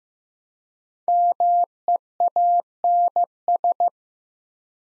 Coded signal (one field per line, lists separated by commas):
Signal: Morse code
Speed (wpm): 15 wpm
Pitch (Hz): 700 Hz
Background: none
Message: MEANS